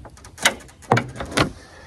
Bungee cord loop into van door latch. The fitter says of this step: Et tu vois qu'il est verrouillé, parce qu'il se verrouille